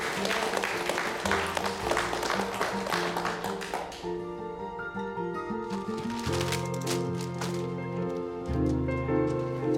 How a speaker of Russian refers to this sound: Так, Вия, ты следующая. Аплодисменты, Вия. Ну давай, не бойся.